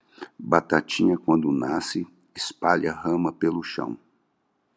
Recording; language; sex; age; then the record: short text; Brazilian Portuguese; male; 60 to 69 years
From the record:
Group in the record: control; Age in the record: 67 years